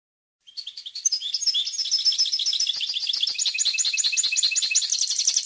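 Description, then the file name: European goldfinch song, a continuous fast stream of bright, liquid twittering notes mixed with buzzy trills, building in loudness and running for about five seconds. "audio burung goldfinch"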